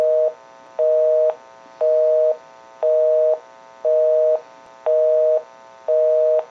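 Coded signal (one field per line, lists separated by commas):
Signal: telephone call progress tone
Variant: North America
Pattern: busy tone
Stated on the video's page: Western Electric 302 rotary desk telephone undergoing initial checkout and repair.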